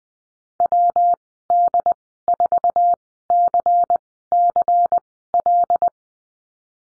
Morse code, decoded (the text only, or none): WD4CCL